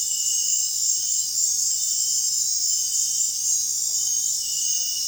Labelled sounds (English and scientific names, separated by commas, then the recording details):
none
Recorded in dense forest near Puerto Asís, Putumayo, Colombia, on 23 June 2025 at 20:30
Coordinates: 0.466, -76.327
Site GP04